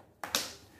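A plastic blade or guard piece, painted in three colors, is pushed home onto the motor housing of a Mondial fan after it was found not fully fitted. Two sharp clicks are heard at 0.2 s and 0.4 s, the second one brighter and louder. The part is seated in place.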